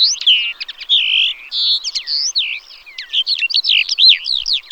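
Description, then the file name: Calandra lark pouring out a busy, varied song of slurred whistles, buzzy notes and quick chirps, hardly pausing throughout. "Melanocorhypha calandra"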